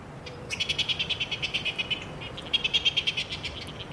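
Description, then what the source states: Cook's petrel calling: a rapid run of sharp, high chattering notes, pausing briefly and then resuming, over steady background hiss. Call heard overhead at night during spring and summer in Auckland or Northland, New Zealand.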